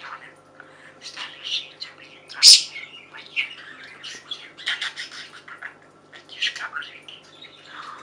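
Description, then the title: Budgerigar chatter, a busy stream of warbled chirps and scratchy squawks, with one loud harsh squawk near the middle. "Budgie Sounds"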